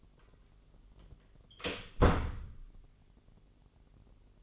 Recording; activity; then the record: daily activity, microphone in the room; close door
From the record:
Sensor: 4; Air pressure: 999.2 hPa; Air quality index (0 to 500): 115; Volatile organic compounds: 2 ppm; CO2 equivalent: 1136 ppm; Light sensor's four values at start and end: 12/29/11/13 and 12/30/12/13